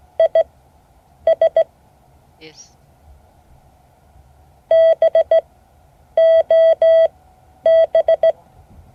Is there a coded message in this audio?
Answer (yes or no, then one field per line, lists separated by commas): yes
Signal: Morse code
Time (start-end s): 0.2-8.3 s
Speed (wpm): 16 wpm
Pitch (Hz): 650 Hz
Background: none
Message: IS BOB